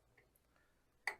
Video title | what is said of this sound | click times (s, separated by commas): How To Install VW Classic Beetle Brake Shoes - Wheel bearing maintenance & Torque - VW Baja Bug | and you'll feel it click where it goes into the clip there I'm going to wind this in | 1.1 s